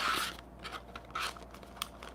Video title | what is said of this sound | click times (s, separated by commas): 18 Projects - Batter Up! - May, 2021 Paper Pumpkin Kit by Stampin’ Up! | your little click that means it clicks in you got your perfect tray | 1.8 s